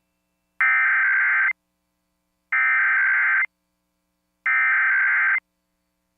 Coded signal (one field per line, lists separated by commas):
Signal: Emergency Alert System (SAME) tones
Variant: header bursts